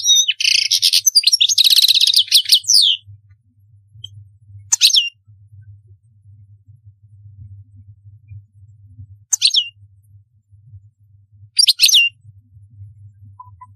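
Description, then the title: European goldfinch: an opening burst of twittering and buzzy trill, then isolated sharp chirps every few seconds over a faint low hum. "Chant Chardonneret"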